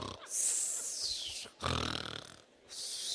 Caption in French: Il y a aussi les gros ronfleurs. Vous marchez dans la rue et vous entendez... Vous dites, le pauvre, il va s'étouffer.